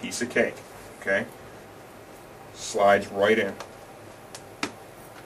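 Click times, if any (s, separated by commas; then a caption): 4.3 s, 4.6 s. A comfort liner tab on a Scorpion EXO-1000 motorcycle helmet is slid into place and pushed home in the shell while someone talks. Two short clicks follow at 4.4 s and 4.6 s, the second one louder and sharper, as the tab engages and seats.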